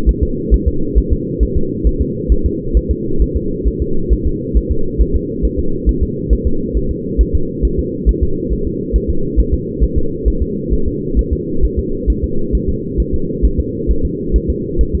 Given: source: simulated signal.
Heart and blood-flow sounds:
fetal heart sounds
0.09 s: S1
0.23 s: S2
0.54 s: S1
0.68 s: S2
0.98 s: S1
1.12 s: S2
1.43 s: S1
1.57 s: S2
1.87 s: S1
2.02 s: S2
2.32 s: S1
2.46 s: S2
2.77 s: S1
2.91 s: S2
3.22 s: S1
3.36 s: S2
3.68 s: S1
3.82 s: S2
4.13 s: S1
4.27 s: S2
4.57 s: S1
4.72 s: S2
5.02 s: S1
5.16 s: S2
5.45 s: S1
5.59 s: S2
5.89 s: S1
6.03 s: S2
6.33 s: S1
6.47 s: S2
6.77 s: S1
6.91 s: S2
7.21 s: S1
7.35 s: S2
7.65 s: S1
7.79 s: S2
8.09 s: S1
8.23 s: S2
8.53 s: S1
8.67 s: S2
8.96 s: S1
9.10 s: S2
9.39 s: S1
9.54 s: S2
9.84 s: S1
9.98 s: S2
10.28 s: S1
10.42 s: S2
10.73 s: S1
10.88 s: S2
11.19 s: S1
11.33 s: S2
11.65 s: S1
11.79 s: S2
12.10 s: S1
12.24 s: S2
12.55 s: S1
12.69 s: S2
13.00 s: S1
13.14 s: S2
13.45 s: S1
13.59 s: S2
13.91 s: S1
14.05 s: S2
14.36 s: S1
14.50 s: S2
14.81 s: S1
14.95 s: S2
From the record:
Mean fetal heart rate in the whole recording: 135 bpm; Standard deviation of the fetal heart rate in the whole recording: 3 bpm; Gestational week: 34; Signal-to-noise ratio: -8.1 dB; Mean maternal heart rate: 72 bpm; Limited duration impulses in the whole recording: absent

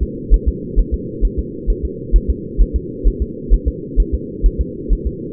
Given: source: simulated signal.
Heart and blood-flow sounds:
fetal heart sounds
0.03 s: S2
0.34 s: S1
0.48 s: S2
0.79 s: S1
0.94 s: S2
1.25 s: S1
1.39 s: S2
1.70 s: S1
1.85 s: S2
2.16 s: S1
2.30 s: S2
2.62 s: S1
2.76 s: S2
3.07 s: S1
3.22 s: S2
3.54 s: S1
3.68 s: S2
4.00 s: S1
4.14 s: S2
4.46 s: S1
4.61 s: S2
4.93 s: S1
5.07 s: S2
From the record:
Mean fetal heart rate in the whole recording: 130 bpm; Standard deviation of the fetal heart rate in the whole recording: 2 bpm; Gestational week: 36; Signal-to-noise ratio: -4.1 dB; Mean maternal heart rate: no maternal heart sound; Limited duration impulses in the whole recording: absent

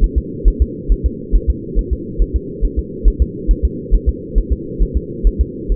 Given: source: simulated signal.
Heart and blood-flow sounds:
fetal heart sounds
0.04 s: S1
0.18 s: S2
0.48 s: S1
0.62 s: S2
0.92 s: S1
1.06 s: S2
1.35 s: S1
1.50 s: S2
1.79 s: S1
1.93 s: S2
2.22 s: S1
2.36 s: S2
2.65 s: S1
2.79 s: S2
3.08 s: S1
3.22 s: S2
3.51 s: S1
3.65 s: S2
3.94 s: S1
4.09 s: S2
4.38 s: S1
4.53 s: S2
4.82 s: S1
4.97 s: S2
5.27 s: S1
5.41 s: S2
5.72 s: S1
From the record:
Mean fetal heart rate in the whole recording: 135 bpm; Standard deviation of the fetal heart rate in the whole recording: 3 bpm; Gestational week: 36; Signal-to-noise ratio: -4.1 dB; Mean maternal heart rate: no maternal heart sound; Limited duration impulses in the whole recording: absent

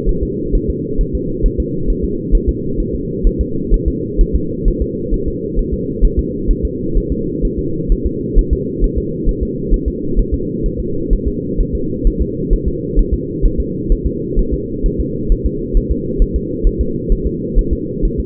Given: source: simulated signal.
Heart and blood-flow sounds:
fetal heart sounds
0.09 s: S1
0.23 s: S2
0.55 s: S1
0.70 s: S2
1.01 s: S1
1.15 s: S2
1.46 s: S1
1.60 s: S2
1.90 s: S1
2.04 s: S2
2.35 s: S1
2.49 s: S2
2.80 s: S1
2.94 s: S2
3.27 s: S1
3.41 s: S2
3.74 s: S1
3.88 s: S2
4.21 s: S1
4.35 s: S2
4.68 s: S1
4.82 s: S2
5.14 s: S1
5.28 s: S2
5.59 s: S1
5.73 s: S2
6.05 s: S1
6.19 s: S2
6.51 s: S1
6.65 s: S2
6.97 s: S1
7.12 s: S2
7.45 s: S1
7.59 s: S2
7.92 s: S1
8.06 s: S2
8.38 s: S1
8.53 s: S2
8.84 s: S1
8.98 s: S2
9.29 s: S1
9.43 s: S2
9.74 s: S1
9.88 s: S2
10.19 s: S1
10.34 s: S2
10.66 s: S1
10.80 s: S2
11.13 s: S1
11.28 s: S2
11.60 s: S1
11.75 s: S2
12.07 s: S1
12.22 s: S2
12.53 s: S1
12.68 s: S2
12.99 s: S1
13.14 s: S2
13.45 s: S1
13.60 s: S2
13.92 s: S1
14.06 s: S2
14.39 s: S1
14.53 s: S2
14.86 s: S1
15.00 s: S2
15.32 s: S1
15.46 s: S2
15.77 s: S1
15.91 s: S2
16.22 s: S1
16.36 s: S2
16.67 s: S1
16.81 s: S2
17.12 s: S1
17.26 s: S2
17.59 s: S1
17.73 s: S2
18.05 s: S1
18.20 s: S2
From the record:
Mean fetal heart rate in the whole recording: 130 bpm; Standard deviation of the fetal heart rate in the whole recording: 4 bpm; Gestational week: 38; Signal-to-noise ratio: -6.6 dB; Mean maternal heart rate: 72 bpm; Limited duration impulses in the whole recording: present

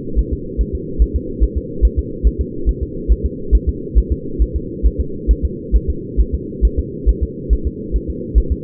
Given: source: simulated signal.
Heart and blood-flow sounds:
fetal heart sounds
0.19 s: S1
0.33 s: S2
0.61 s: S1
0.75 s: S2
1.02 s: S1
1.16 s: S2
1.44 s: S1
1.57 s: S2
1.85 s: S1
1.99 s: S2
2.27 s: S1
2.41 s: S2
2.69 s: S1
2.83 s: S2
3.12 s: S1
3.26 s: S2
3.55 s: S1
3.69 s: S2
3.98 s: S1
4.12 s: S2
4.42 s: S1
4.56 s: S2
4.86 s: S1
5.00 s: S2
5.31 s: S1
5.45 s: S2
5.76 s: S1
5.90 s: S2
6.20 s: S1
6.34 s: S2
6.65 s: S1
6.79 s: S2
7.09 s: S1
7.23 s: S2
7.53 s: S1
7.67 s: S2
7.96 s: S1
8.10 s: S2
8.38 s: S1
8.52 s: S2
From the record:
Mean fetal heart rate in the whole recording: 140 bpm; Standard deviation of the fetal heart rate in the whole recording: 2 bpm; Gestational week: 34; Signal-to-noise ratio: -4.3 dB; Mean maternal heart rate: 72 bpm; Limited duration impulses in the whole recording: absent

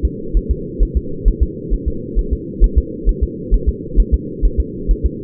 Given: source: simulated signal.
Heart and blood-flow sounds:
fetal heart sounds
0.05 s: S2
0.37 s: S1
0.51 s: S2
0.83 s: S1
0.97 s: S2
1.28 s: S1
1.43 s: S2
1.74 s: S1
1.88 s: S2
2.19 s: S1
2.33 s: S2
2.64 s: S1
2.78 s: S2
3.09 s: S1
3.24 s: S2
3.54 s: S1
3.69 s: S2
4.00 s: S1
4.14 s: S2
4.45 s: S1
4.60 s: S2
4.91 s: S1
5.06 s: S2
From the record:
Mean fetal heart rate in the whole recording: 130 bpm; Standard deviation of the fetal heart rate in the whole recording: 2 bpm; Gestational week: 36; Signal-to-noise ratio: -4.3 dB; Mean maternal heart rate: 72 bpm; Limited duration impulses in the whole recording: absent

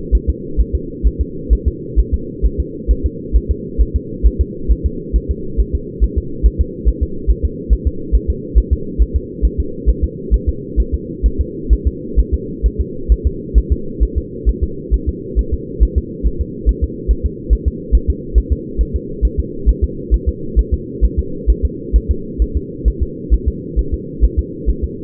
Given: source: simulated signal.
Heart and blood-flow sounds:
fetal heart sounds
0.15 s: S1
0.29 s: S2
0.60 s: S1
0.75 s: S2
1.07 s: S1
1.21 s: S2
1.53 s: S1
1.68 s: S2
2.00 s: S1
2.14 s: S2
2.45 s: S1
2.60 s: S2
2.91 s: S1
3.06 s: S2
3.36 s: S1
3.51 s: S2
3.81 s: S1
3.96 s: S2
4.26 s: S1
4.41 s: S2
4.72 s: S1
4.86 s: S2
5.16 s: S1
5.31 s: S2
5.60 s: S1
5.75 s: S2
6.04 s: S1
6.18 s: S2
6.46 s: S1
6.61 s: S2
6.88 s: S1
7.03 s: S2
7.31 s: S1
7.45 s: S2
7.73 s: S1
7.87 s: S2
8.15 s: S1
8.30 s: S2
8.58 s: S1
8.73 s: S2
9.02 s: S1
9.16 s: S2
9.45 s: S1
9.60 s: S2
9.89 s: S1
10.04 s: S2
10.34 s: S1
10.49 s: S2
10.80 s: S1
10.94 s: S2
11.26 s: S1
11.41 s: S2
11.73 s: S1
11.87 s: S2
12.19 s: S1
12.34 s: S2
12.66 s: S1
12.81 s: S2
13.12 s: S1
13.27 s: S2
13.58 s: S1
13.72 s: S2
14.03 s: S1
14.18 s: S2
14.49 s: S1
14.63 s: S2
14.94 s: S1
15.09 s: S2
15.39 s: S1
15.54 s: S2
15.83 s: S1
15.98 s: S2
16.26 s: S1
16.41 s: S2
16.69 s: S1
16.84 s: S2
17.11 s: S1
17.26 s: S2
17.53 s: S1
17.68 s: S2
17.95 s: S1
18.10 s: S2
18.38 s: S1
18.52 s: S2
18.81 s: S1
18.96 s: S2
19.25 s: S1
19.39 s: S2
19.69 s: S1
19.84 s: S2
20.14 s: S1
20.29 s: S2
20.59 s: S1
20.74 s: S2
21.04 s: S1
21.19 s: S2
21.50 s: S1
21.65 s: S2
21.96 s: S1
22.11 s: S2
22.42 s: S1
22.57 s: S2
22.88 s: S1
23.03 s: S2
23.34 s: S1
23.48 s: S2
23.79 s: S1
23.94 s: S2
24.24 s: S1
24.39 s: S2
24.69 s: S1
24.84 s: S2
From the record:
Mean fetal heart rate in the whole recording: 135 bpm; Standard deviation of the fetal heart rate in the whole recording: 3 bpm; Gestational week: 34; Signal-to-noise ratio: -4.3 dB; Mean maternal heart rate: 72 bpm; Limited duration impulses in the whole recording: absent

